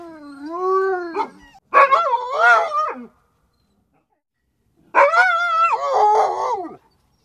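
Dog howling in two long, wavering bouts with tremulous, sliding pitch, separated by about two seconds of silence.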